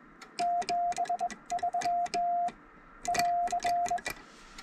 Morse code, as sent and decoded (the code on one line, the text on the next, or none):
--... ...-- / .-.-.
73 <AR>